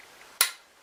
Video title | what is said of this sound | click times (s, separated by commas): Assembling and disassembling an N PAP | until you hear that little click. Now you know that it's on as far as it goes and it's not going anywhere. | 0.4 s